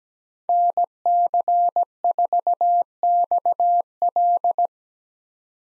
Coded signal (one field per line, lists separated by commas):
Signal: Morse code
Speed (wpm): 17 wpm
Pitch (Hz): 700 Hz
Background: none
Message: NC4XL